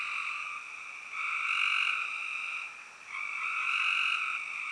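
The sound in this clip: Spring peeper chorus, a dense high ringing wall of peeps that swells louder around two seconds and again near four seconds, with no other sounds.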